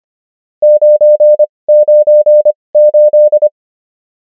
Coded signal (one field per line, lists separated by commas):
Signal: Morse code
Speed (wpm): 25 wpm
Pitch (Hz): 600 Hz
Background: none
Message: 998